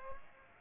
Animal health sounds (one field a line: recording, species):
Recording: mosquito wingbeat signal from an infrared sensor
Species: Aedes aegypti